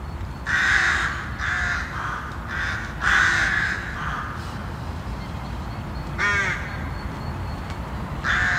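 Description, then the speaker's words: Rook calls: several rasping caws in bursts, with a differently shaped call near the end, over steady background noise. Rook colony in Lund, Skåne, with nests very high in the treetops. "Bona är ju väldigt högt upp i trädkronorna."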